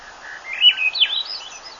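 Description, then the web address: Swainson's thrush song, one short upward-spiralling phrase of liquid whistled notes rising to a high, thin finish. "birdwatchernj birdsongs thrush swainsons"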